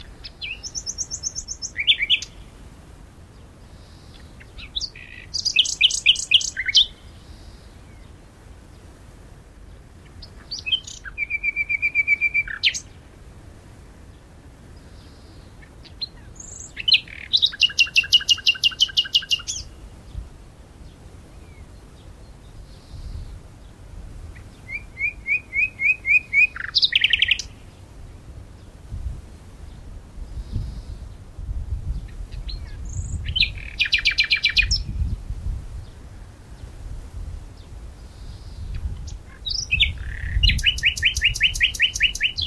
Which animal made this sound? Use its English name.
Common Nightingale